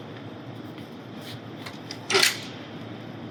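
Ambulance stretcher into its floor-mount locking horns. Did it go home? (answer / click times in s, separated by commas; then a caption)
yes / 1.9 s. An ambulance stretcher is rolled back into the vehicle and pushed onto its floor-mount locking horns over a steady background hum, with faint knocks before a sharp click at 1.9 s as it locks into place. A louder, broadband rattling burst follows around 2.1–2.3 s, and the stretcher is seated in its mount.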